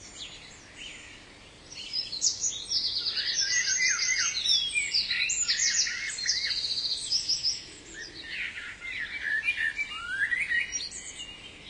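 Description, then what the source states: Bird song, bursts of fast high trills and twittering phrases overlapping from one or more birds, with quiet background hiss. Ambience.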